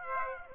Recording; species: mosquito wingbeat signal from an infrared sensor; Aedes aegypti